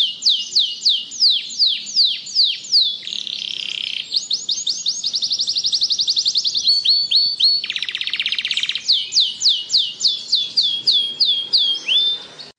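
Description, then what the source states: Canary song, a long unbroken run of high sweeping downslurred notes, fast buzzy trills and rattling rolls, changing phrase every second or two without pause. Singing in the continuous, nonstop style called ngebren.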